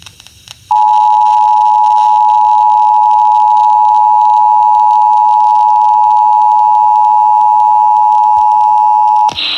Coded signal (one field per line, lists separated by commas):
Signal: Emergency Alert System (SAME) tones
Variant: 853 and 960 Hz attention tone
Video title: Marginal Risk Has Gone Wrong EAS Alerts from 7/10/2026 (EAS #1086-1119)